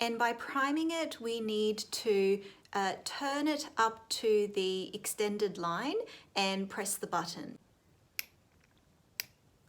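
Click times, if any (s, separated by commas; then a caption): 8.2 s, 9.2 s. Someone talks while the dose dial of an injection pen is turned up to the extended priming line, which is done before every dose, ahead of pressing the button to prime. Two sharp detent clicks are heard at 8.2 s and 9.2 s, confirming the dial has reached the priming setting.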